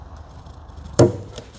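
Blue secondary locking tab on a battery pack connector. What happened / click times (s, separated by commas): The plastic locking tab snapped into place / 1.0 s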